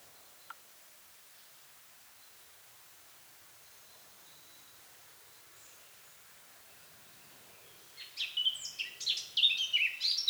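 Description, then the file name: Eurasian blackcap: long quiet stretch with a single faint click, then a burst of hurried, bright warbling notes in the final two seconds. "Sylvia atricapilla"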